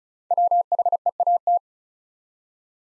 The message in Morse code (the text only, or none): WHEAT